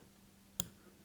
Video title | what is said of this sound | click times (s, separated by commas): Autel Nano - Autel Nano Plus - Leg Replacement | you'll hear it snap | 0.6 s